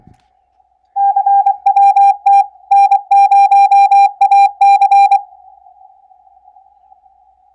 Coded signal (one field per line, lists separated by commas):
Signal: Morse code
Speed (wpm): 23 wpm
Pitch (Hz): 780 Hz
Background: none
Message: CWT N0AC